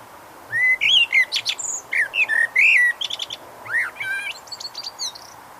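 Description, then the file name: Common blackbird song: fluty mellow notes mixed with sharp high squeaks and clicks, two phrases with a brief pause between them. "Turdus merula"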